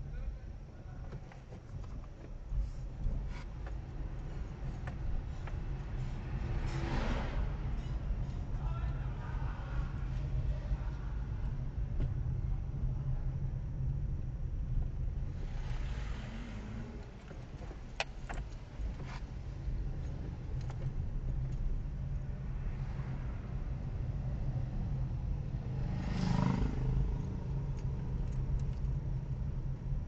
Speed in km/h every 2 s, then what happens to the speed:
3, 10, 17, 21, 22, 19, 17, 12, 4, 11, 17, 19, 20, 19, 17.
0-7 speeds up to 22. 7-15 slows to 4. 15-21 speeds up to 19.